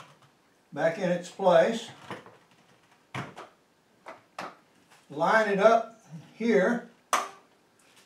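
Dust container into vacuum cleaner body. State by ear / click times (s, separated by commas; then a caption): seated / 7.1 s. A detachable plastic dust bin of a bagless vacuum cleaner is lined up and pushed back into the vacuum body while someone talks, with a few faint knocks along the way. It snaps into place with a sharp click at 7.1 s, seating the dust container.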